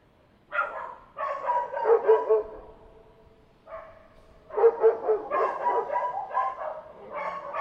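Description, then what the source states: Dog barking in two bursts of several fast, harsh barks, with a pause of about a second between them. May 2016.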